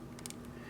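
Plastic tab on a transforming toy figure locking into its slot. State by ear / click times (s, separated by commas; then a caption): seated / 0.3 s. A plastic tab on a transforming toy figure, thickened with glue and colored with a marker, is pushed down into its slot. Short, bright clicks sound over a steady low hum, with the main click at 0.3 s, as the tab locks into place. It is now seated firmly enough that it takes a little force to come loose.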